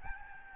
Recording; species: mosquito wingbeat signal from an infrared sensor; Aedes albopictus